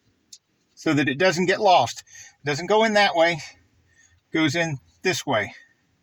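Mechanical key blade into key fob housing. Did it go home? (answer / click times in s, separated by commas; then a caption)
no / none. Someone talks while handling a Toyota Prius key fob, turning the emergency mechanical key blade the right way round to push it back into the fob housing, with a brief sharp tick near 0.3 s. The clip ends before the blade goes home, so nothing has seated or clicked yet.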